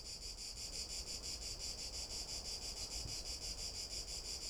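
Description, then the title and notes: Cicada song, a steady high buzz with a rapid, regular pulse, over a low background rumble. Cicada recorded from boardwalks around the lake at the Albufera de Valencia, Spain, on an afternoon walk, with a Zoom H1n; sound of the nearby sea and lake audible. "Unnamed Road, 46012, 46012 Valencia, España - Paseo por la Albufera. Una tarde de paseo por la Albufera de Valencia. Paseamos alrededor del lago, en este caso por unas pasarelas en donde nos paramos para grabar a una Chicharra [Cicadidae]"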